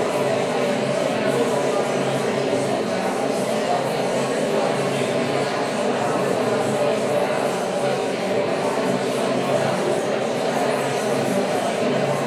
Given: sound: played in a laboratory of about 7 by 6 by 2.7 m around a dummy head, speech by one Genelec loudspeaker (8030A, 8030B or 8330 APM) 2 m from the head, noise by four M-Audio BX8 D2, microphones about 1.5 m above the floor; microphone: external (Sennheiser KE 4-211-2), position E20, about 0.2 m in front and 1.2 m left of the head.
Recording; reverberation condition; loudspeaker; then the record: babble noise; high; four, about 170 cm from the corners of the room and facing them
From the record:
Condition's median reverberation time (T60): about 1300 ms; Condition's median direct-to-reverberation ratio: about -4.0 dB